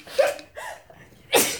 That's like five in a row or something. That's like three sneezes.